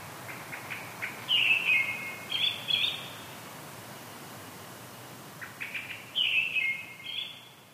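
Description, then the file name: Brown-headed thrush song: soft, fairly faint warbled phrases in two groups, each led by a few light ticks, with a steady background hiss. "akahara"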